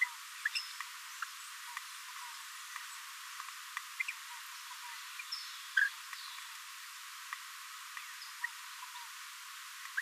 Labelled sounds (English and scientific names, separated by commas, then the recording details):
Green-rumped Parrotlet (Forpus passerinus) babbling
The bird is a female
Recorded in a nest box in Venezuela
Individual 17B42A4